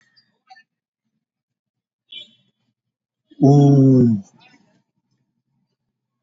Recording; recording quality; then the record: sustained vowel as in boot; excellent, no background noise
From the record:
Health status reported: healthy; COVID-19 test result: negative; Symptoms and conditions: none ticked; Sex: male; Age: 45 years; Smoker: not ticked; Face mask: worn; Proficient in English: yes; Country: India